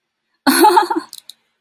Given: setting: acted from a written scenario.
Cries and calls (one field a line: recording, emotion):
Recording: vocal sound without words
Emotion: amusement